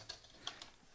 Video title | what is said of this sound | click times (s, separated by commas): $1,510 With The Santa Fe Refrigerator Dispatch | those two locked into place okay | 0.1 s, 0.5 s